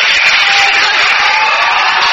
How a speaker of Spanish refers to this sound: Hay aplausos en la sala de sus amigos, familiares, abogados también, bastante contentos en este minuto.